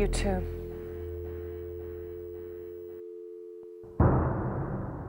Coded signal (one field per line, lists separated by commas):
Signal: telephone call progress tone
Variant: North America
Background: speech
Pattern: dial tone